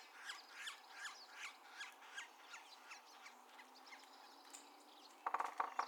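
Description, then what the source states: Yellow-bellied Sapsucker calls: nasal, downslurred notes repeated roughly three times a second, then a short burst of sharp knocks at the end. Drumming and calls.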